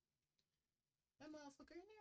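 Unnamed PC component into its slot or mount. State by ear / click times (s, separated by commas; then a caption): not seated / none. An unnamed PC component is pushed into its slot or mount while building a PC, and it fails to click in. After a quiet stretch with a faint tick near 0.4 s, someone talks from about 1.2 s. Nothing has seated or clicked yet.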